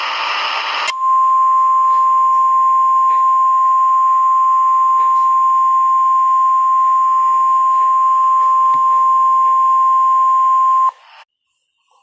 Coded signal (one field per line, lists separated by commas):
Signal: Emergency Alert System (SAME) tones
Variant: 1050 Hz attention tone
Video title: un EAS imposible tornado categoría 6 en el sur de chile